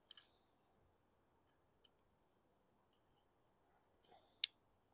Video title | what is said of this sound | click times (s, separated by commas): 2016 Yard-Machines Lawn Mower…Police Department Special……WHAT..!!!!! | there we go popped into place | 4.4 s